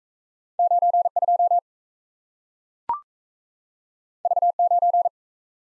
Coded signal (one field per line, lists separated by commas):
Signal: Morse code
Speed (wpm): 38 wpm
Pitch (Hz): 700 Hz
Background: none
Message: 92 V9